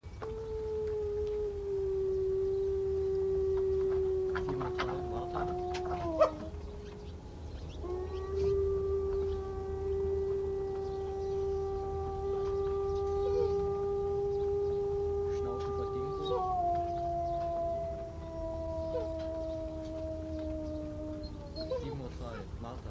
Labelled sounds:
Gray Wolf (Canis lupus) howling
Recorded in captivity
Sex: group
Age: adult
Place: Zoo Kischinjow, MD
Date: 1982-03-12
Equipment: Sonett, RFT DM 2112, Kopie Tascam 22-2
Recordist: Frommolt, Karl-Heinz

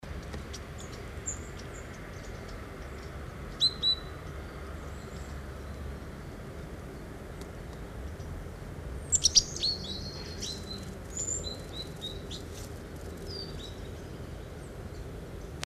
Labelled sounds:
Great Tit (Parus major) song
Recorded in the wild
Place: Kaiserslautern, Rheinland-Pfalz, DE
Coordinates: 49.4286, 7.77861
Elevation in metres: 279
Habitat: garden
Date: 1986-03-29
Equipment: Uher 4000 Report, Parabolreflektor 30 cm
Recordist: Tretzel, Erwin
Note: Garten, Kaiserslautern: Gesang

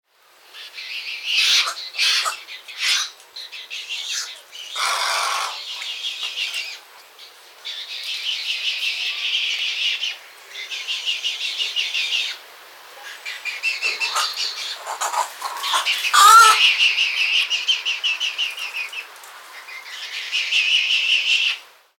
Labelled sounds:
Little Egret (Egretta garzetta)
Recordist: Tembrock, Günter
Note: Rufe von halbwüchsigen Jungen und Erwachsenen

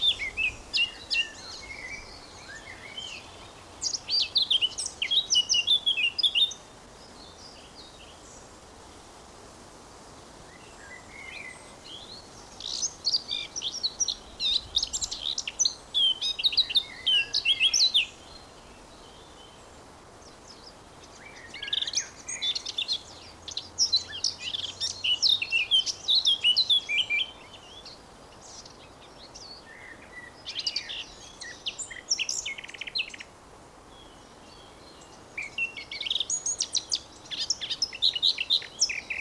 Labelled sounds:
Eurasian Blackcap (Sylvia atricapilla)
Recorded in the wild
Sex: male
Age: adult
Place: Summt, Brandenburg, DE
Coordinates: 52.687, 13.374
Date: 1992-05-23 14:00
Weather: 23-24°C, böiger Wind
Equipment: Nagra SN, Mikrofon AKG CK 8, Kopie Tesla B 116
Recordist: Tembrock, Günter
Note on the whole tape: Grundstück; Gesang (ca. 15 Strophen)

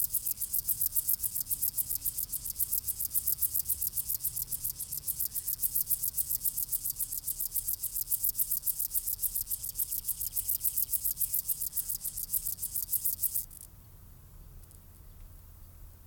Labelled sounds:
Upland Field Grasshopper (Chorthippus apricarius) stridulation
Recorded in the wild
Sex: male
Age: imago
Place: Seddiner See, Brandenburg, DE
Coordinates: 52.27, 13.01
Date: 1995-07-23 16:22
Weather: heiter, böiger Wind, 18°C
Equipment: Sony WM-D6C, Sennheiser ME 80, Kopie Uher 4000 Report Monitor
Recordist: Tembrock, Günter
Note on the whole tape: Männchen mit nur rechtem Hinterschenkel. Stridulation (in Sonne)

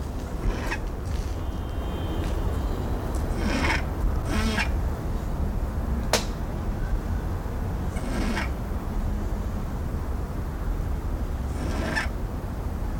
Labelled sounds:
Spectacled Owl (Pulsatrix perspicillata) call
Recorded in captivity
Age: adult
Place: Zoo Berlin, Berlin, DE
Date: 1995-09-14 18:43
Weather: leicht bewölkt, 16°C
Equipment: Sony WM-D6C, Sennheiser ME 80, Kopie Uher 4000 Report Monitor
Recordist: Tembrock, Günter

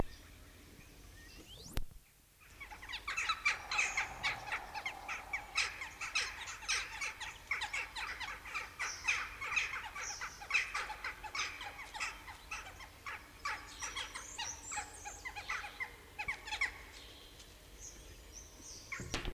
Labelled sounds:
Western Jackdaw (Coloeus monedula) call
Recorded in the wild
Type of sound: call
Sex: group
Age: adult
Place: Halle (Westfalen), OT Tatenhausen, Nordrhein-Westfalen, DE
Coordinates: 52.0439, 8.325
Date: 1970-04-12
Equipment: Uher 4000 Report-S, Bändchenmikro Beyer M 260, Parabolspiegel Polyester (470 mm)
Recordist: Conrads, Klaus
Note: Schloß Tatenhausen. An der Bruthöhle: Laute

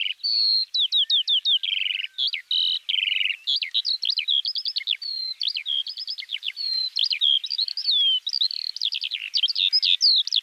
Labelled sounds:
Eurasian Skylark (Alauda arvensis) song
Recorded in the wild
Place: Freiburg/Rieselfeld, Baden-Württemberg, DE
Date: 2004-06-06
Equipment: MiniDisc Sharp MT 20 H, Telinga DAT, Telinga-Parabolspiegel
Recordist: Schwarz, Dieter
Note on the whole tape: Song

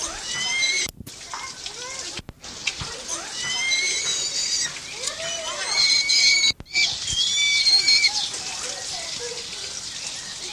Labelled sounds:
Crested Caracara (Caracara plancus) call
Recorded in captivity
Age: adult
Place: Zoo Berlin, Berlin, DE
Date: 1987-07-02 10:25
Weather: sunny, 20°C
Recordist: Tembrock, Günter
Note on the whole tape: Als "Polyborus tharus" angegeben: Dehnungslaute (agonistisch?)

